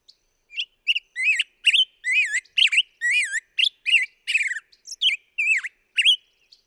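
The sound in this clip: Black-headed grosbeak song of sweet, rolling whistled notes, each phrase bending up and down, sung briskly for about six seconds without other sounds.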